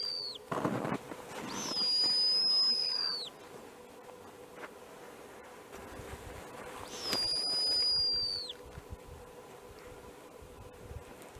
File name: snowy owl sound